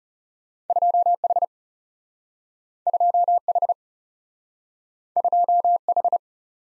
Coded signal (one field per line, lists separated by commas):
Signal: Morse code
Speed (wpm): 38 wpm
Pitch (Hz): 700 Hz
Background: none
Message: 2 H 2 H 2 H